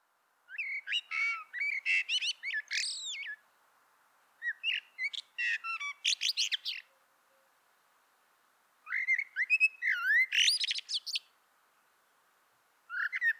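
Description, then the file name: Common blackbird song in bursts of mellow warbled notes rising into thin, scratchy twitters, phrases spaced by short quiet gaps. "Turdus merula"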